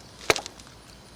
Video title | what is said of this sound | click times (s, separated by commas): John Deere SST18 160 Hr. Complete PM | give her a push and listen for a snap | 0.3 s